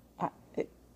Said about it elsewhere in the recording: We are still struggling with kennel cough. If you can hear him gagging in the background, we are now going on week 4. It's been 2 courses of antibiotics, 2 courses of steroids, and a cough suppressant. And he's still coughing. His heart looks good, and his trachea looks good.